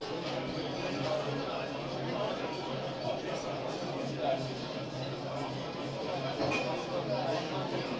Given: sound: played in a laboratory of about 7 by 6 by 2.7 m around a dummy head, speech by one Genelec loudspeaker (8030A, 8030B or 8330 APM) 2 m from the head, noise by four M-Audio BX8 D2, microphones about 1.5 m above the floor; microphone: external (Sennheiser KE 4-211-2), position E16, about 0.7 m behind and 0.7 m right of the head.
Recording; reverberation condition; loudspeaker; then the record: cafeteria noise; low; four, about 170 cm from the corners of the room and facing them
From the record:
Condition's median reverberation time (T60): about 310 ms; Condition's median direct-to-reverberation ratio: about 3.5 dB